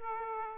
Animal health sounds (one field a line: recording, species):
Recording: mosquito wingbeat signal from an infrared sensor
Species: Aedes aegypti